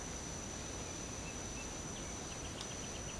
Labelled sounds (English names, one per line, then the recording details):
none
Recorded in secondary vegetation near Puerto Asís, Putumayo, Colombia, on 18 December 2024 at 07:30
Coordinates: 0.489, -76.322
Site G059